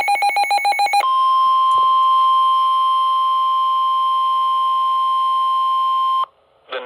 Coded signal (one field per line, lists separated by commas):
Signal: Emergency Alert System (SAME) tones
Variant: 1050 Hz attention tone